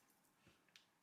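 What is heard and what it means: Someone presses down the release tab on a grooved slide-in accessory mount on an Insta360 X4 360 camera so the accessory can slide out. After a faint low thump near 0.5 s, a short, sharp click sounds at 0.8 s, and the mount is released.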